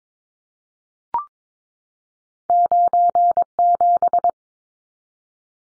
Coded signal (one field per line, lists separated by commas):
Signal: Morse code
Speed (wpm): 22 wpm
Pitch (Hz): 700 Hz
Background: none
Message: 97